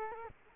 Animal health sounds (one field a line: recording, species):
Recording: mosquito wingbeat signal from an infrared sensor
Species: Culex quinquefasciatus